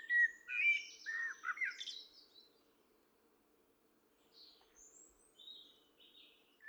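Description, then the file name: Common blackbird opening with a loud, fluty warbled phrase, followed by quieter thin, high squeaky notes after a short pause, over a faint steady hum. "Turdus merula"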